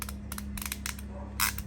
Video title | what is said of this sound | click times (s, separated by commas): Lavemi Men's Real Leather Ratchet Dress Casual Belt, Cut to Exact Fit, Elegant Gift Box | So look at that. And you hear the latches go. | 0.0 s, 0.4 s, 0.7 s, 0.9 s, 1.6 s